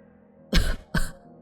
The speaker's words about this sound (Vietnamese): Thầy Bảy cứ đứng đó, tay ôm ngực, tay che miệng, ho đến khàn cả giọng.